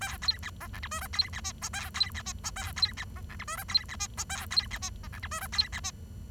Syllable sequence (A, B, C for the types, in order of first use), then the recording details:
A B C D E F G H B C I J A B C I J A B C D E F G H B C I J A B C I D E F G H B C I. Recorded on 23 June 2012 at 11:05. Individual gr41rd51